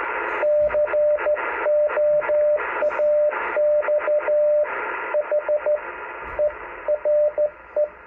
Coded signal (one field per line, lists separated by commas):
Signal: Morse code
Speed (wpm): 14 wpm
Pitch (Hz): 600 Hz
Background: radio noise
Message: COAX HERE